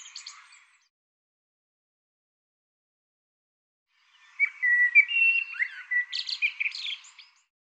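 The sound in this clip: Bird song in which a clear, level whistled note leads into a burst of rapid chirps and buzzy high notes, following a brief fragment and a silence.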